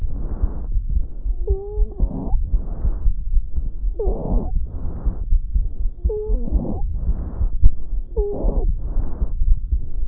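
Adult lung sounds heard through a stethoscope. Breaths repeat about every two and a half seconds, roughly 25 a minute. In one phase of each cycle a clear musical whistle rises above the breath noise, four times in all. These are wheezes, a sign of narrowed airways.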